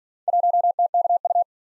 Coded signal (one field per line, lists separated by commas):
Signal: Morse code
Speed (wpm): 47 wpm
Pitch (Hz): 700 Hz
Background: none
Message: 1TKU